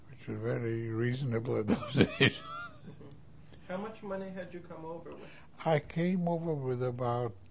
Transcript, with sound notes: Which were very reasonable in those days. ( he laughs )
How much money had you come over with?
I came over with about